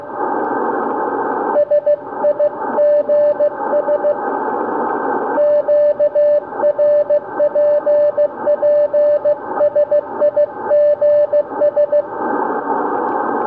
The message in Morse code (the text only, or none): SIGS QRPP SIGS